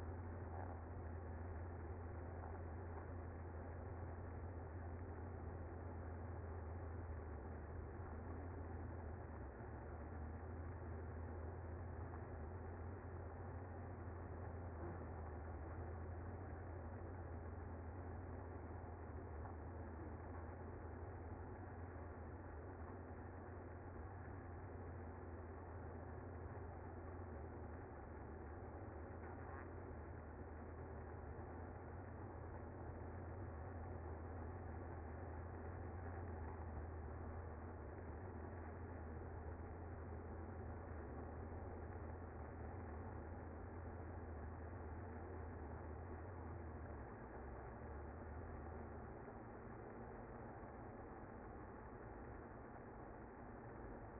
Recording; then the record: honeybee colony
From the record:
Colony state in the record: active